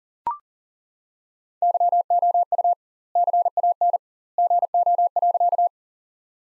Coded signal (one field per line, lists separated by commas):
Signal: Morse code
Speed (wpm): 40 wpm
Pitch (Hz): 700 Hz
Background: none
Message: YOU CAN GO.